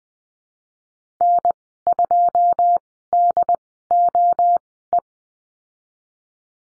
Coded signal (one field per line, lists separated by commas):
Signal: Morse code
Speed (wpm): 20 wpm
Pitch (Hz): 700 Hz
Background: none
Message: N2DOE